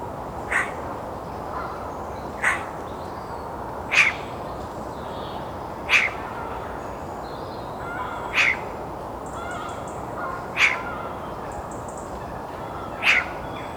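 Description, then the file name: Eurasian magpie repeating a harsh, grating single call about every two seconds, seven calls in all, with faint softer bird notes between. "Pica pica"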